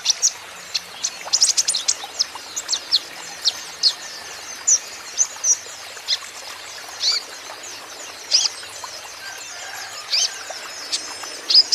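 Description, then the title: Van Hasselt's sunbird giving a long series of thin, piercing chirps, fast at first, then spaced out with gaps of a second or so. Young green-plumaged (ijoan) konin singing constantly (gacor), used as lure and therapy for untrained caged konin so they answer back. "KOLIBRI NINJA KONIN IJOAN GACOR COCOK UNTUK PANCINGAN TERAPI KONIN BAHAN PASTI NYAUT"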